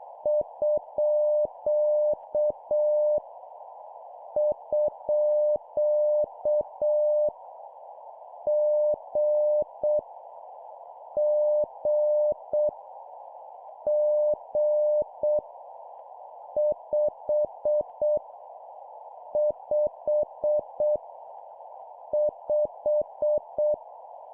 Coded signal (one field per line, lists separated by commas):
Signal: Morse code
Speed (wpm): 7 wpm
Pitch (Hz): 600 Hz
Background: none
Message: _ _ G G G 5 5 5